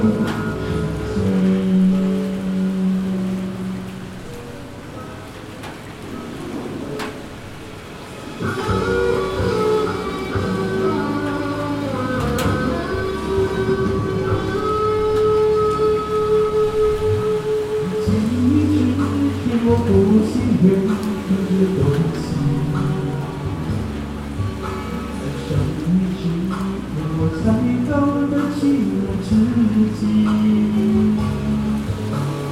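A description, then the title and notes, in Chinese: A voice sings over a steady wash of heavy rain on a street, holding long wavering notes that slide up and down. The song dips quieter around five to eight seconds, then returns louder and fuller, with the rain hiss constant throughout. 雨天帶著歌唱的LEBUH CINTRA日本橫街_馬來西亞。到馬來西亞的檳城旅遊。當時下起了磅礡大雨，沒好一會兒，道路淹起了水。於是就在騎樓下暫躲，順便感受一下檳城巷弄夜晚的道地街景與聲音。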